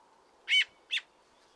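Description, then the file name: Eurasian magpie uttering two quick grating chacks, the first longer and louder, the second shorter. "Pica pica"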